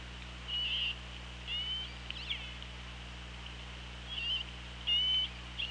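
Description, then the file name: Killer whale calls in short bursts: several brief tonal and pulsed calls scattered throughout, over steady underwater hum. Recorded on an OrcaLab hydrophone, 24 August 2017, at 17:06. "Orca Lab UTLN JASON 20170824 170644"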